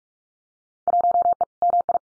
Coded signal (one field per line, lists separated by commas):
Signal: Morse code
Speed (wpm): 46 wpm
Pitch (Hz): 700 Hz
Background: none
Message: 1E MI